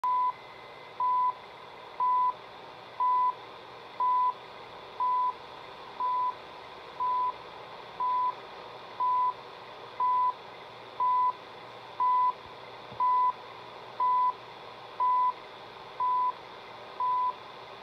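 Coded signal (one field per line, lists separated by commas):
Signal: radio time signal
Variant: CHU Canada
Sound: about 17 short 1 kHz beeps, one each second, over hissy shortwave static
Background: radio static, low hum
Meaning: Each beep marks one second of time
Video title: CHU Canada 3330 MHz on Sony TR-1300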